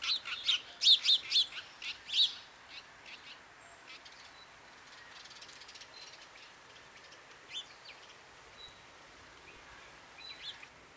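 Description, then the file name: House sparrow chirping: a quick burst of sharp, bright chirps at the start, then only faint scattered chirps over a steady hiss. "Passer domesticus"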